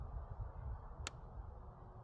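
A steel foothold trap is slowly pressed down with the release drawn up until its trigger latch (dog) engages with a single sharp click at 1.1 seconds, over a low rumbling background. The trap is now set.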